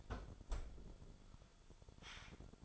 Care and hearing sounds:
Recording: daily activity, microphone in the room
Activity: close fridge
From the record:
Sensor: 5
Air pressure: 1007.9 hPa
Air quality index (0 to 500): 92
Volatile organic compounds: 1 ppm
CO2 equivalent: 721 ppm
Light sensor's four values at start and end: 40/91/38/39 and 39/89/37/38

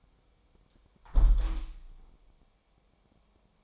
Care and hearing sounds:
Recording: daily activity, microphone in the room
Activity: close window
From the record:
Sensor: 1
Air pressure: 1000.4 hPa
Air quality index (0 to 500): 171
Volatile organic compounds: 4 ppm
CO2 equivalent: 1574 ppm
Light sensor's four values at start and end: 11/27/11/13 and 11/26/11/12

